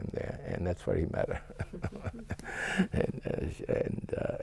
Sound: he laughs

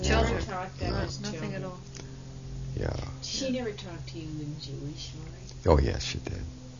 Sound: his wife speaks off-mike

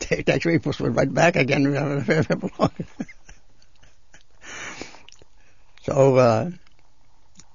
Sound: he laughs

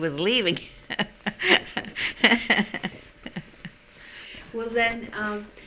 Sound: she laughs

